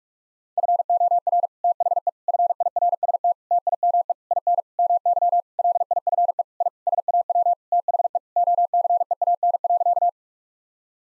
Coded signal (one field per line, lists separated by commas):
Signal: Morse code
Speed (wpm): 46 wpm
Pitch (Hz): 700 Hz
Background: none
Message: FOR THE FIRST TIME IN MY LIFE I SAW THE OCEAN.